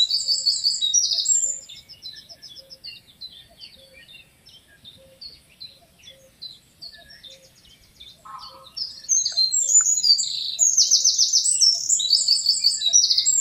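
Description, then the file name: Eurasian wren singing a fast high trilling phrase, pausing several seconds amid soft chirps, then bursting into another loud rattling, twittering song. "Troglodytes troglodytes"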